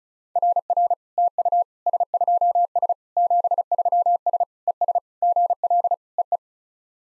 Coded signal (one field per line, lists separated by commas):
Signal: Morse code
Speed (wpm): 35 wpm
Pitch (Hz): 700 Hz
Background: none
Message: RR TU S2S 73S ES GL EE